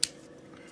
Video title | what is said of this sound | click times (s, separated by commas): New Go Pro camera mount | locks into place, still be able to see your screen. | 0.0 s